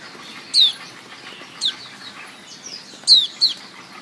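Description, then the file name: White-eye calls, a few sharp descending high notes, some paired, over a steady hiss. Female. "suara pleci betina omkicau"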